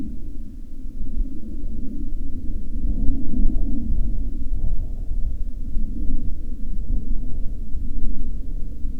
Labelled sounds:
machinery
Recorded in the Prudhoe Bay oil fields, Alaska, on 16 August 2019 at 18:43
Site 14

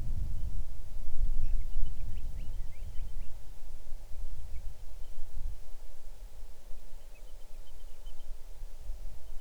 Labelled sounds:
bird, wind
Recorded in the Arctic National Wildlife Refuge, Alaska, on 6 July 2019 at 00:25
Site 39

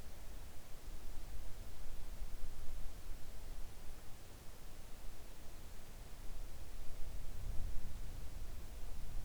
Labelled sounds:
near silence
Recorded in the Arctic National Wildlife Refuge, Alaska, on 3 August 2019 at 05:34
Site 41

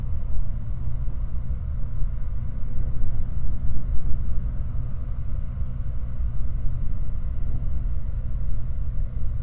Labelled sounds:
machinery, flare stack
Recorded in the Prudhoe Bay oil fields, Alaska, on 19 July 2019 at 06:01
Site 29

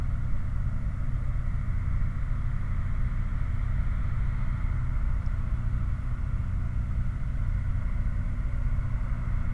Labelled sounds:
machinery, flare stack
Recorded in the Prudhoe Bay oil fields, Alaska, on 15 August 2019 at 23:35
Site 29

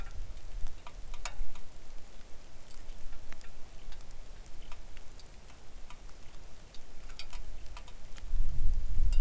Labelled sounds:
songbird, wind, rain
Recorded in the Arctic National Wildlife Refuge, Alaska, on 3 August 2019 at 09:53
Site 41

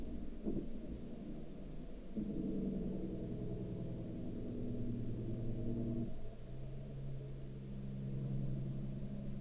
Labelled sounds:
man-made sound
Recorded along the Dempster Highway, Canada, on 30 March 2019 at 22:41
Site 12

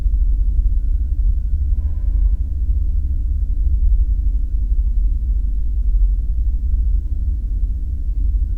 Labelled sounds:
machinery, flare stack
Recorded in the Prudhoe Bay oil fields, Alaska, on 5 September 2019 at 00:59
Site 14

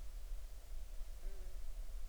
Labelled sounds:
insects
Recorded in the Arctic National Wildlife Refuge, Alaska, on 20 July 2019 at 02:51
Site 38

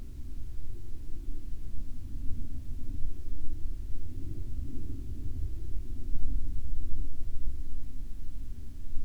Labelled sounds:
aircraft
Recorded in the Arctic National Wildlife Refuge, Alaska, on 31 July 2019 at 15:54
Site 40

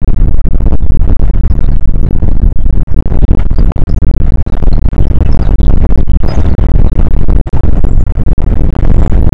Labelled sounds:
wind
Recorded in the Prudhoe Bay oil fields, Alaska, on 29 May 2019 at 00:06
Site 25

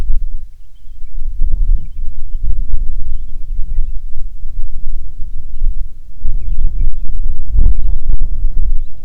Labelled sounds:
songbird, wind
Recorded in the Prudhoe Bay oil fields, Alaska, on 6 August 2019 at 05:08
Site 22

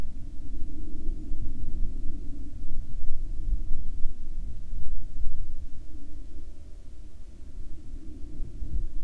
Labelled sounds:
aircraft, insects
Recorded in the Arctic National Wildlife Refuge, Alaska, on 16 July 2019 at 09:24
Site 43

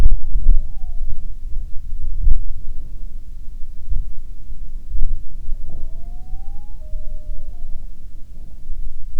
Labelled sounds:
grouse or ptarmigan, wind
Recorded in the Prudhoe Bay oil fields, Alaska, on 6 August 2019 at 04:47
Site 22

